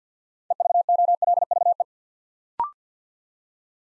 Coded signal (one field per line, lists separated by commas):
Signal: Morse code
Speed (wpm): 50 wpm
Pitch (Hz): 700 Hz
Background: none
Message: EVOLVE